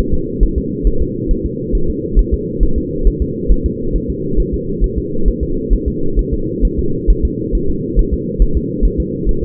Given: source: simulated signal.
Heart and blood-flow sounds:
fetal heart sounds
0.14 s: S2
0.43 s: S1
0.58 s: S2
0.87 s: S1
1.02 s: S2
1.31 s: S1
1.46 s: S2
1.75 s: S1
1.90 s: S2
2.19 s: S1
2.34 s: S2
2.63 s: S1
2.78 s: S2
3.07 s: S1
3.22 s: S2
3.52 s: S1
3.66 s: S2
3.96 s: S1
4.10 s: S2
4.40 s: S1
4.54 s: S2
4.84 s: S1
4.98 s: S2
5.28 s: S1
5.43 s: S2
5.73 s: S1
5.88 s: S2
6.19 s: S1
6.33 s: S2
6.65 s: S1
6.79 s: S2
7.10 s: S1
7.25 s: S2
7.55 s: S1
7.70 s: S2
7.99 s: S1
8.13 s: S2
8.42 s: S1
8.57 s: S2
8.85 s: S1
9.00 s: S2
9.29 s: S1
9.44 s: S2
From the record:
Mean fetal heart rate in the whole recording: 135 bpm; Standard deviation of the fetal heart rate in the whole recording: 3 bpm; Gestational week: 36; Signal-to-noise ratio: -8.1 dB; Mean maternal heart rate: 72 bpm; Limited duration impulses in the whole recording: absent

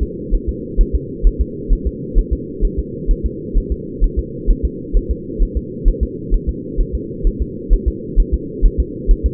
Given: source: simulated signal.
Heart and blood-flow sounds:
fetal heart sounds
0.03 s: S2
0.35 s: S1
0.49 s: S2
0.81 s: S1
0.95 s: S2
1.27 s: S1
1.41 s: S2
1.73 s: S1
1.87 s: S2
2.19 s: S1
2.33 s: S2
2.65 s: S1
2.79 s: S2
3.11 s: S1
3.26 s: S2
3.58 s: S1
3.72 s: S2
4.04 s: S1
4.19 s: S2
4.51 s: S1
4.65 s: S2
4.97 s: S1
5.11 s: S2
5.43 s: S1
5.57 s: S2
5.88 s: S1
6.03 s: S2
6.34 s: S1
6.49 s: S2
6.81 s: S1
6.95 s: S2
7.27 s: S1
7.42 s: S2
7.73 s: S1
7.88 s: S2
8.20 s: S1
8.34 s: S2
8.66 s: S1
8.80 s: S2
9.11 s: S1
9.26 s: S2
From the record:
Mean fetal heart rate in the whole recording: 130 bpm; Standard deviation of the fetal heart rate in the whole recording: 2 bpm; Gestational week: 38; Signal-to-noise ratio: -4.1 dB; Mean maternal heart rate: no maternal heart sound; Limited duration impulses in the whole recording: absent

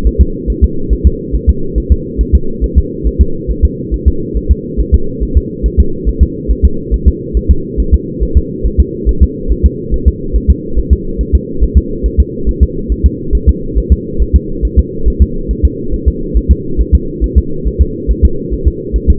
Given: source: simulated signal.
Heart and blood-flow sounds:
fetal heart sounds
0.07 s: S1
0.21 s: S2
0.50 s: S1
0.64 s: S2
0.93 s: S1
1.07 s: S2
1.35 s: S1
1.49 s: S2
1.78 s: S1
1.92 s: S2
2.21 s: S1
2.35 s: S2
2.64 s: S1
2.78 s: S2
3.07 s: S1
3.21 s: S2
3.51 s: S1
3.65 s: S2
3.94 s: S1
4.08 s: S2
4.37 s: S1
4.51 s: S2
4.80 s: S1
4.94 s: S2
5.23 s: S1
5.37 s: S2
5.66 s: S1
5.80 s: S2
6.09 s: S1
6.23 s: S2
6.51 s: S1
6.65 s: S2
6.94 s: S1
7.08 s: S2
7.37 s: S1
7.51 s: S2
7.80 s: S1
7.94 s: S2
8.23 s: S1
8.37 s: S2
8.66 s: S1
8.80 s: S2
9.09 s: S1
9.23 s: S2
9.52 s: S1
9.66 s: S2
9.94 s: S1
10.08 s: S2
10.36 s: S1
10.50 s: S2
10.79 s: S1
10.93 s: S2
11.21 s: S1
11.35 s: S2
11.63 s: S1
11.78 s: S2
12.06 s: S1
12.20 s: S2
12.49 s: S1
12.63 s: S2
12.92 s: S1
13.06 s: S2
13.35 s: S1
13.49 s: S2
13.78 s: S1
13.92 s: S2
14.22 s: S1
14.36 s: S2
14.65 s: S1
14.79 s: S2
15.08 s: S1
15.22 s: S2
15.51 s: S1
15.65 s: S2
15.94 s: S1
16.08 s: S2
16.37 s: S1
16.51 s: S2
16.81 s: S1
16.95 s: S2
17.24 s: S1
17.38 s: S2
17.67 s: S1
17.81 s: S2
18.11 s: S1
18.25 s: S2
18.53 s: S1
18.68 s: S2
18.96 s: S1
19.10 s: S2
From the record:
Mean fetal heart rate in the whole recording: 140 bpm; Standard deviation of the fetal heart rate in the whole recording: 2 bpm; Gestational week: 34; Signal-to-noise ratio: -8.1 dB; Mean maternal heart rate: 72 bpm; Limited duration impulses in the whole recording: present

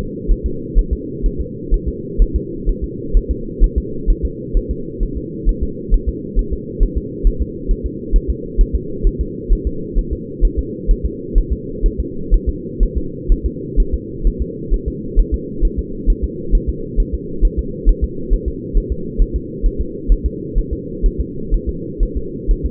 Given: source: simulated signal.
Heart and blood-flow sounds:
fetal heart sounds
0.31 s: S1
0.46 s: S2
0.79 s: S1
0.93 s: S2
1.26 s: S1
1.41 s: S2
1.74 s: S1
1.88 s: S2
2.22 s: S1
2.36 s: S2
2.69 s: S1
2.84 s: S2
3.17 s: S1
3.31 s: S2
3.64 s: S1
3.78 s: S2
4.10 s: S1
4.25 s: S2
4.57 s: S1
4.71 s: S2
5.03 s: S1
5.17 s: S2
5.49 s: S1
5.63 s: S2
5.94 s: S1
6.09 s: S2
6.39 s: S1
6.53 s: S2
6.83 s: S1
6.98 s: S2
7.27 s: S1
7.42 s: S2
7.71 s: S1
7.86 s: S2
8.16 s: S1
8.30 s: S2
8.61 s: S1
8.76 s: S2
9.07 s: S1
9.21 s: S2
9.52 s: S1
9.67 s: S2
9.99 s: S1
10.13 s: S2
10.45 s: S1
10.59 s: S2
10.91 s: S1
11.06 s: S2
11.38 s: S1
11.53 s: S2
11.86 s: S1
12.00 s: S2
12.34 s: S1
12.49 s: S2
12.83 s: S1
12.98 s: S2
13.32 s: S1
13.46 s: S2
13.80 s: S1
13.94 s: S2
14.27 s: S1
14.42 s: S2
14.74 s: S1
14.88 s: S2
15.20 s: S1
15.34 s: S2
15.65 s: S1
15.79 s: S2
16.10 s: S1
16.24 s: S2
16.55 s: S1
16.69 s: S2
17.00 s: S1
17.14 s: S2
17.45 s: S1
17.59 s: S2
17.89 s: S1
18.04 s: S2
18.33 s: S1
18.48 s: S2
18.77 s: S1
18.92 s: S2
19.22 s: S1
19.36 s: S2
19.66 s: S1
19.81 s: S2
20.12 s: S1
20.26 s: S2
20.58 s: S1
20.73 s: S2
21.06 s: S1
21.21 s: S2
21.54 s: S1
21.69 s: S2
22.03 s: S1
22.17 s: S2
22.51 s: S1
22.66 s: S2
From the record:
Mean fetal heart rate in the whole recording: 130 bpm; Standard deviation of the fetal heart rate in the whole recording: 2 bpm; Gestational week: 38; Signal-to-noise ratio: -4.3 dB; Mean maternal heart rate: 72 bpm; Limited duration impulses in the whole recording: absent

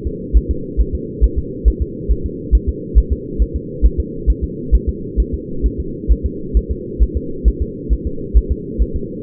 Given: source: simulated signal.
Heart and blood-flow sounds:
fetal heart sounds
0.07 s: S2
0.37 s: S1
0.51 s: S2
0.81 s: S1
0.95 s: S2
1.24 s: S1
1.38 s: S2
1.68 s: S1
1.82 s: S2
2.12 s: S1
2.26 s: S2
2.55 s: S1
2.69 s: S2
2.98 s: S1
3.12 s: S2
3.42 s: S1
3.56 s: S2
3.86 s: S1
4.00 s: S2
4.30 s: S1
4.44 s: S2
4.75 s: S1
4.89 s: S2
5.20 s: S1
5.34 s: S2
5.66 s: S1
5.80 s: S2
6.12 s: S1
6.26 s: S2
6.57 s: S1
6.71 s: S2
7.03 s: S1
7.17 s: S2
7.48 s: S1
7.62 s: S2
7.93 s: S1
8.07 s: S2
8.37 s: S1
8.51 s: S2
8.82 s: S1
8.96 s: S2
From the record:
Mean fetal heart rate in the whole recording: 135 bpm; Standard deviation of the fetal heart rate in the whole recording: 3 bpm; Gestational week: 34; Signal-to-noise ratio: -4.3 dB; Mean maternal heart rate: 72 bpm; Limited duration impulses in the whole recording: absent

